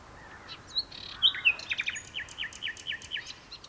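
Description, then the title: Common nightingale song: a few whistled notes, then a series of short rising chirps repeated several times a second. Two nightingales singing in a duet on Westleton Heath. "sanderson nightingale-duet-on-westleton-heath"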